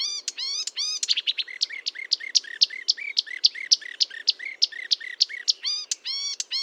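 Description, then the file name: Marsh warbler song: a rapid run of high, repeated notes, some clipped and some sliding, switching phrase types every second or so. Recorded at Fourneau, Fontaine-Française, France, on 1 June 2022 at 10:55, using Nagra recorder and Telinga equipment. "Rousserolle verderolle 1055 Fontaine-Francaise-Fourneau"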